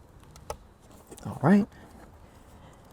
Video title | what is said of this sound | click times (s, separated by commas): Make Your Tacoma Sound Like a Million Bucks! - Encore X Amplifier | the amplifier. Make sure you hear that click. | 0.5 s